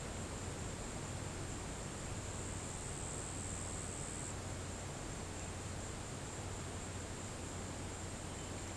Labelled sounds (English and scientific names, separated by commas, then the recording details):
none
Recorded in pastures near Puerto Asís, Putumayo, Colombia, on 24 March 2025 at 16:30
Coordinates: 0.472, -76.329
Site G074